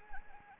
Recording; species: mosquito wingbeat signal from an infrared sensor; Anopheles arabiensis